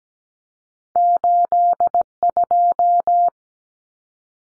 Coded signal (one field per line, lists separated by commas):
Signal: Morse code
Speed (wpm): 17 wpm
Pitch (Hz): 700 Hz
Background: none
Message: 82